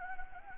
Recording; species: mosquito wingbeat signal from an infrared sensor; Anopheles gambiae